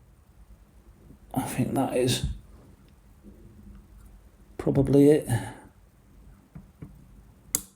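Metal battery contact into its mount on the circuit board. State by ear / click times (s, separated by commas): seated / 7.5 s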